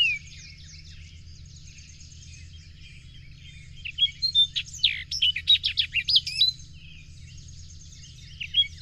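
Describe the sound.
Bird song: faint twittering at first, then a rapid run of sharp high chirps and buzzy notes, over a constant low hum.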